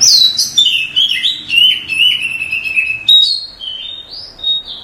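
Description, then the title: Oriental magpie-robin song: a busy stream of chattering and whistled notes, followed by a few clear, sustained whistles. "Kacer"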